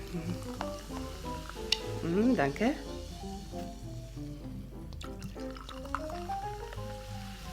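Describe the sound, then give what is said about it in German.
Sparkling wine is poured into a glass in a short burst, the gurgling pitch rising as it fills, followed by a soft fizz, while people talk over steady background music. “Komm, lass uns erst ein Glas Sekt trinken, ja?”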